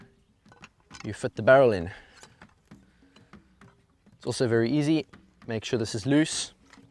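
A barrel is handled at the receiver of an FX Impact PCP air rifle, with the retaining part loosened so the barrel can be pressed in, while someone talks. Faint handling ticks and taps are heard between the talking. Nothing has seated or clicked yet by the end of the clip.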